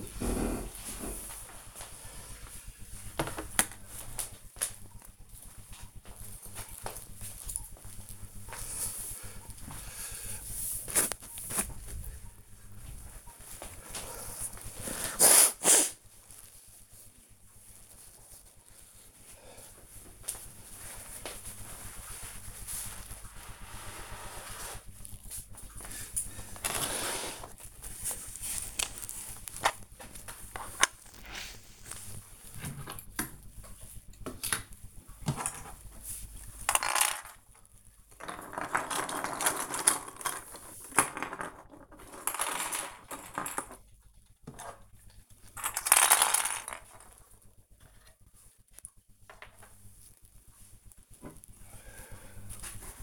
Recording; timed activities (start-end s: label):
household activities, microphone on the right wrist
33.34-53.03 s: cleaning the cupboard